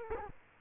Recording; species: mosquito wingbeat signal from an infrared sensor; Culex quinquefasciatus